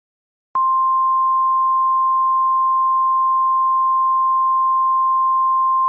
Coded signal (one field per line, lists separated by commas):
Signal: Emergency Alert System (SAME) tones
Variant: 1050 Hz attention tone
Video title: Grug The EAS Scenario (#101)